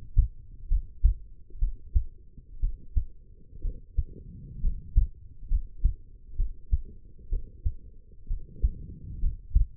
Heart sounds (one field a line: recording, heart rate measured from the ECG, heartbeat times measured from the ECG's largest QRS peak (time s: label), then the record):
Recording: heart sounds by stethoscope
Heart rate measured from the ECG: 63 bpm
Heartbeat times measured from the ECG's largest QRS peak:
0.68 s: heartbeat
1.59 s: heartbeat
2.60 s: heartbeat
3.62 s: heartbeat
4.61 s: heartbeat
5.48 s: heartbeat
6.36 s: heartbeat
7.29 s: heartbeat
8.28 s: heartbeat
9.20 s: heartbeat
From the record:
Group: healthy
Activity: rest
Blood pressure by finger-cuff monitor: 98/68 mmHg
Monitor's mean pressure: 78 mmHg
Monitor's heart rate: 61 bpm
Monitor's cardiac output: 5 L/min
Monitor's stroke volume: 79 mL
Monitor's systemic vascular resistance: 1160 dyn s/cm5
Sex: female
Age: 23 years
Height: 160 cm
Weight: 50.4 kg